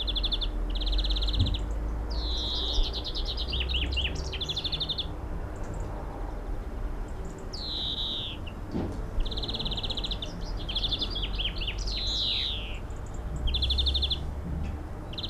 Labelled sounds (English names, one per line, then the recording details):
European Greenfinch song
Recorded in the wild
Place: Oberstdorf, Bayern, DE
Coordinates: 47.415, 10.2603
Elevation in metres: 889
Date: 1980-04-06
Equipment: Uher 4000 Report
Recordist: Tretzel, Erwin